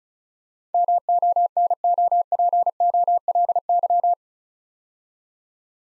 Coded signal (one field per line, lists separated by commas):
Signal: Morse code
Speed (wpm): 34 wpm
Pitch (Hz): 700 Hz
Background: none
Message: MONOPOLY